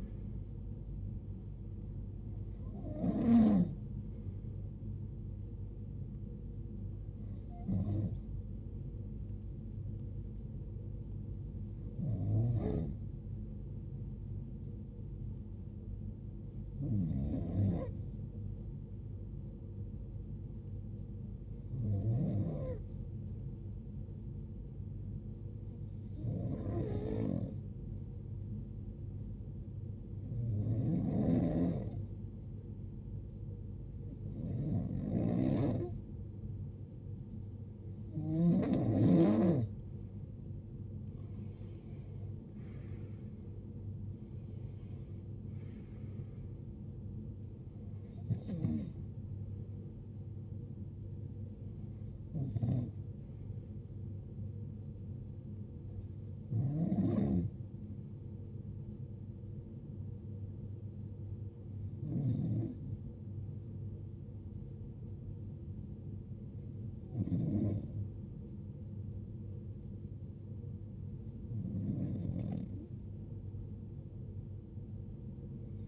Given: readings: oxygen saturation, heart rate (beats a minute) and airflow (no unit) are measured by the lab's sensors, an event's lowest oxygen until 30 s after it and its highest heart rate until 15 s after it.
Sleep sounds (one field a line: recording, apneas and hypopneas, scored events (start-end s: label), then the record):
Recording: breathing in sleep by a smartphone at the bedside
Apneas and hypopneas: 1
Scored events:
11.00-40.90 s: hypopnea (REM, oxygen 96% highest, then 93% lowest, heart rate 74 at the start, 80 highest)
From the record:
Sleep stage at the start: REM sleep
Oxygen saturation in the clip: 91 to 96%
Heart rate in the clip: 61 to 80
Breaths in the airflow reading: 18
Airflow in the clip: -15.0 to 14.9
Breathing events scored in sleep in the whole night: 389 in 6.3 hours asleep